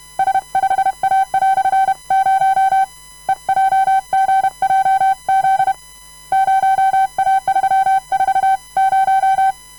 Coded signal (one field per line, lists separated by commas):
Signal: Morse code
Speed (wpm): 32 wpm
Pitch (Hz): 770 Hz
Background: none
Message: S5A"0 EJGJZ 0A340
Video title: Edy Boget de YB1JCD sending random morse code all characters, numbers and punctuation